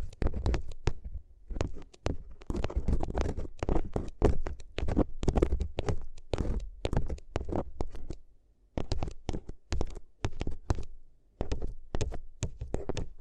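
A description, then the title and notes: Paper ASMR sounds: quick, dense taps and crisp crinkles fire off irregularly, each a sharp bright snap with a soft low thump underneath. The handling runs almost without pause, with brief quiet breaks around eight and eleven seconds before the tapping resumes. ASMR If You Had Paper Ears (No Talking).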